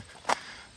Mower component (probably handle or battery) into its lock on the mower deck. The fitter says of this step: right okay now this is locked into place